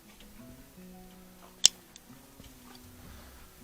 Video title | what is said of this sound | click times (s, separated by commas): John Deere 6x4 Gator Modifications - Follow Along! | there you go now you've got a terminal connection | 1.7 s